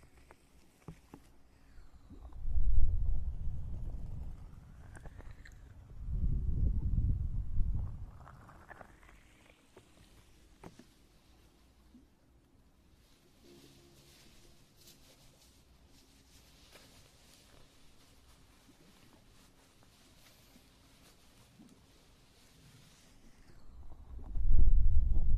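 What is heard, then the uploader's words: Ear eating and ear massage sounds come in loud, low, rubbing bursts around 2–4 seconds, 6–8 seconds and again at the very end. Between them, quieter stretches hold faint wet clicks, soft rustling and occasional brief pops. Maid Ear Eating & Ear Massage.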